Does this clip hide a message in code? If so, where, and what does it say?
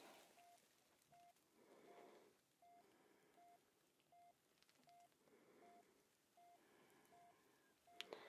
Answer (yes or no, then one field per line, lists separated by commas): no